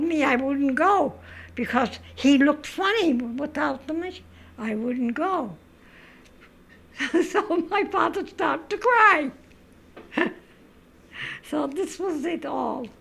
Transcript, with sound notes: I wouldn't go because he looked funny without the moustache. I wouldn't go. (she laughs) So my father starts to cry. So this was it all.